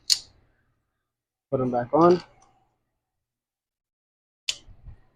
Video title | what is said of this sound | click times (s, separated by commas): Took the SRT to the car meet (HD meets) and couldn’t answer these questions 🤦🏽‍♂️ don’t cancel me 😂 | apply pressure and you'll hear a Click | 0.1 s